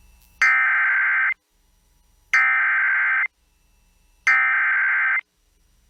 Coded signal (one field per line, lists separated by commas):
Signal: Emergency Alert System (SAME) tones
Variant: header bursts